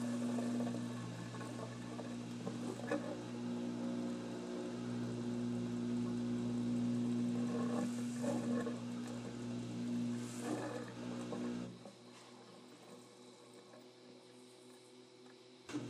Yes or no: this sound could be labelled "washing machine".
yes